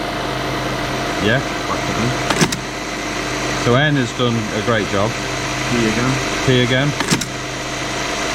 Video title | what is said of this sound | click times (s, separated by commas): Getting an old teleprinter up and running - part 21 | Didn't latch. | none